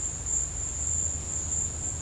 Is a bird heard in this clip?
no